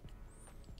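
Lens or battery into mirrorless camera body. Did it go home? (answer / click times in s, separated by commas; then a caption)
no / none. A lens or battery is being fitted to an Alpha 7 III mirrorless camera body during unboxing, with quiet handling rustles and a few faint, brief ticks near the start and end. Nothing has seated or clicked into place yet.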